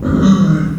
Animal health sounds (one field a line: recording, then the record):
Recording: squeal of a Yucatan mini pig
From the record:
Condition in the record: after surgery on the right vocal fold (resection and tissue-engineered implant)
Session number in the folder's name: 10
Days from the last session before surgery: 86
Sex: female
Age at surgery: 19 weeks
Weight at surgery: 25 kg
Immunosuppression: prednisolone